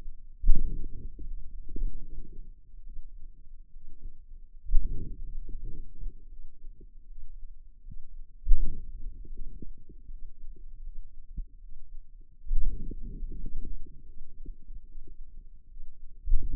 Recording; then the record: forearm muscle sounds (acoustic myography)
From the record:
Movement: hand opening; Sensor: system 2, bracelet of six BSWA MPA416 microphones around the upper forearm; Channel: 4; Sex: female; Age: 23 years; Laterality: right